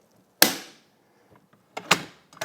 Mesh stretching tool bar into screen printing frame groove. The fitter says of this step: snaps right in place